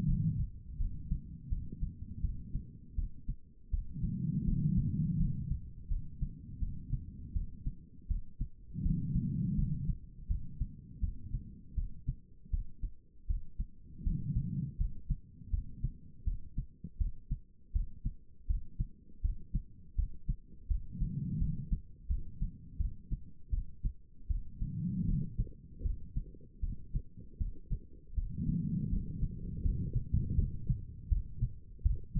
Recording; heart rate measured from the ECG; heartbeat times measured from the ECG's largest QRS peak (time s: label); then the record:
heart sounds by stethoscope; 81 bpm
0.06 s: heartbeat
0.77 s: heartbeat
1.49 s: heartbeat
2.22 s: heartbeat
2.96 s: heartbeat
3.71 s: heartbeat
4.45 s: heartbeat
5.17 s: heartbeat
5.88 s: heartbeat
6.60 s: heartbeat
7.33 s: heartbeat
8.08 s: heartbeat
8.83 s: heartbeat
9.56 s: heartbeat
10.28 s: heartbeat
11.01 s: heartbeat
11.75 s: heartbeat
12.51 s: heartbeat
13.27 s: heartbeat
14.04 s: heartbeat
14.78 s: heartbeat
15.51 s: heartbeat
16.25 s: heartbeat
16.98 s: heartbeat
17.73 s: heartbeat
18.47 s: heartbeat
19.22 s: heartbeat
19.96 s: heartbeat
20.68 s: heartbeat
21.39 s: heartbeat
22.08 s: heartbeat
22.78 s: heartbeat
23.51 s: heartbeat
24.28 s: heartbeat
25.06 s: heartbeat
25.83 s: heartbeat
26.61 s: heartbeat
27.38 s: heartbeat
28.15 s: heartbeat
28.90 s: heartbeat
29.63 s: heartbeat
30.36 s: heartbeat
31.09 s: heartbeat
31.83 s: heartbeat
From the record:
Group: healthy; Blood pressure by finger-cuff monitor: 107/69 mmHg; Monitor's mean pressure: 83 mmHg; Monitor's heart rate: 81 bpm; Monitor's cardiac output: 5 L/min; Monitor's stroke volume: 61 mL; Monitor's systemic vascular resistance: 1220 dyn s/cm5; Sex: female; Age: 51 years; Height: 162 cm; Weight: 70.04 kg